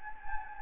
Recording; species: mosquito wingbeat signal from an infrared sensor; Anopheles gambiae